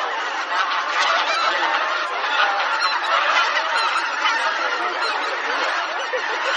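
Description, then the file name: Bean goose: bean geese calling loudly en masse, a busy wall of overlapping honks and cackles without any break. "hisikui"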